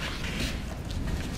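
A portable folding tabletop scrapbooking easel is handled as its side flap supports are pushed down with the thumbs toward their locked open position. Steady low handling noise and rustle continue with a brief sharper sound near 0.9 s, but nothing has seated or locked yet.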